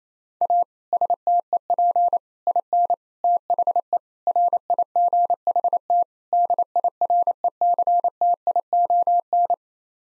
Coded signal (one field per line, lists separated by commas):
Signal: Morse code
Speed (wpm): 28 wpm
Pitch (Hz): 700 Hz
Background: none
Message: A STEP IN THE RIGHT DIRECTION